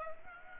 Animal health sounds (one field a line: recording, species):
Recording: mosquito wingbeat signal from an infrared sensor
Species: Aedes aegypti